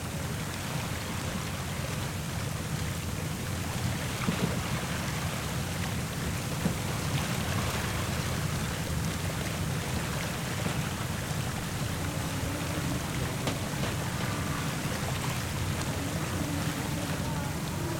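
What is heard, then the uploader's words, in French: Aboard a schooner, a steady, dense wash of sea and wind roars with a deep low rumble and occasional faint knocks throughout. Vers l'Islande à bord d'une goélette. Enregistrements : juillet 06. La mer, le vent, les voiles, la coque qui craque.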